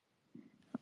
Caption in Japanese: お腹鳴った。 これは消化音。 差し入れでいっぱいご飯食べたからお腹空いてないです。